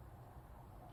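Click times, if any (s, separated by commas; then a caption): none. A bolt is turned anticlockwise in a threaded hole on the rear brake of a TNT 125 motorbike during a rear brake removal and swap, to find where the thread start drops in. Only a steady low rumble and faint background noise are heard, with no distinct click. Nothing has seated or clicked yet.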